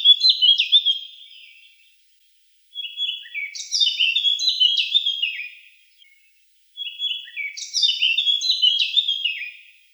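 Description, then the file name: Eurasian blackcap singing three warbling phrases of quick varied notes, separated by short silences. "Sylvia atricapilla"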